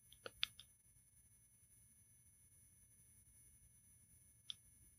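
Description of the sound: Film soundtrack simulating post-blast ear ringing: faint, steady, high-pitched tinnitus tones over near silence, with a few brief sharp clicks at the start and one near the end. The ringing in the head and ears follows a loud explosion about a hundred feet away, whose pressure wave threw the person.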